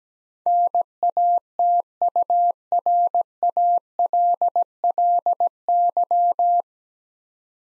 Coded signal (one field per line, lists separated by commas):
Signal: Morse code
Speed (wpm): 17 wpm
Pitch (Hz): 700 Hz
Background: none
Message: NATURALLY